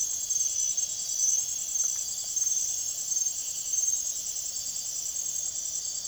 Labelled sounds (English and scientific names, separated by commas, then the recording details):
none
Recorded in secondary vegetation near Puerto Asís, Putumayo, Colombia, on 23 June 2025 at 00:30
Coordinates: 0.489, -76.322
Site G021